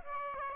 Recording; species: mosquito wingbeat signal from an infrared sensor; Aedes aegypti